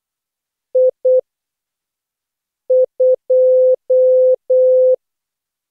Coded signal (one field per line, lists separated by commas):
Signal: Morse code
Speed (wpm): 15 wpm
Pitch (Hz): 510 Hz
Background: none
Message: I 2